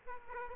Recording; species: mosquito wingbeat signal from an infrared sensor; Aedes aegypti